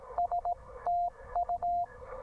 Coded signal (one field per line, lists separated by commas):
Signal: Morse code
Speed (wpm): 17 wpm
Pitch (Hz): 700 Hz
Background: none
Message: S TU